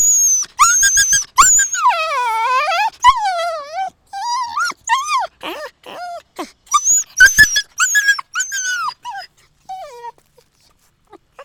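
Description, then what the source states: Dogs crying loudly with long wavering whines and sharp yelps, tumbling one after another, then fading to a few faint squeaks. More than one dog, yelping.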